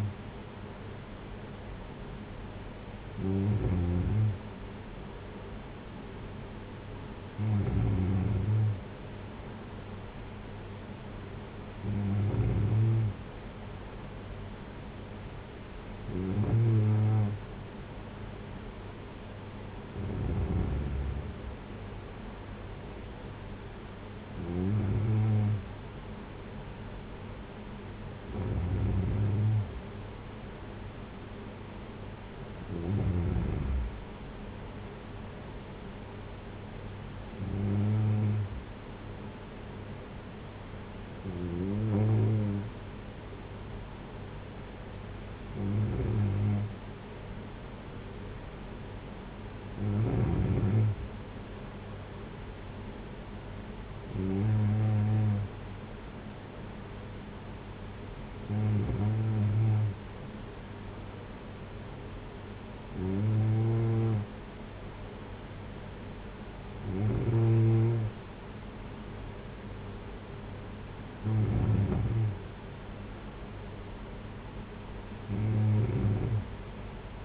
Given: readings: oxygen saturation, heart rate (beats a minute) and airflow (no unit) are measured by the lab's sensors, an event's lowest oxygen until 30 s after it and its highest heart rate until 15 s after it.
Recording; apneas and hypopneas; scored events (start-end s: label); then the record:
breathing in sleep by a voice recorder at the bedside; none
none scored
From the record:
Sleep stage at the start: N2 (light sleep); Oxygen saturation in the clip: 93 to 94%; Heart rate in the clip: 55 to 60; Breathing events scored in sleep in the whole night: 226 in 8.8 hours asleep